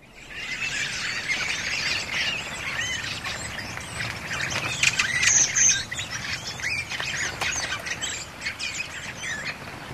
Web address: Bird Song Site Redwing - Mauvis